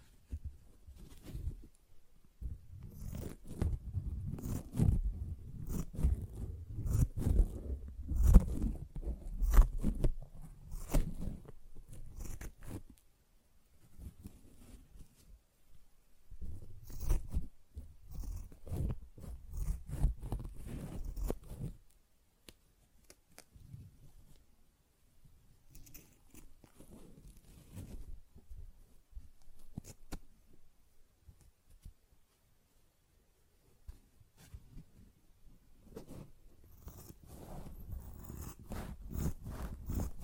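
Sponge sounds: rough scratching and squishing strokes come in dense bursts, heaviest in the first ten seconds and again around 17–21 seconds. Between them are sparser, softer scrapes and short snips, with near-silent gaps, and the rubbing picks up again toward the end.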